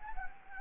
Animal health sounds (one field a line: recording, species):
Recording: mosquito wingbeat signal from an infrared sensor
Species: Anopheles gambiae